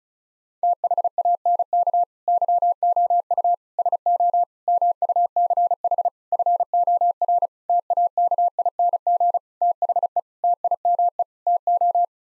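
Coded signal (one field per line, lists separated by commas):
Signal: Morse code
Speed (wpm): 36 wpm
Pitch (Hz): 700 Hz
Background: none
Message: THANK YOU SO MUCH FOR TAKING THE TIME TO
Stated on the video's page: Morse head-copy practice at 35 wpm: sets of nine common words sent, spoken, then sent again.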